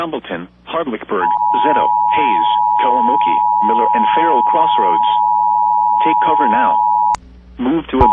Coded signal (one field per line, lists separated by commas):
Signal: Emergency Alert System (SAME) tones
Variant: 853 and 960 Hz attention tone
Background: speech